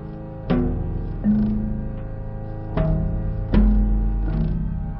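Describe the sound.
Camel grumbling in deep, harmonic moans punctuated by abrupt throaty snorts, a few bursts over a few seconds.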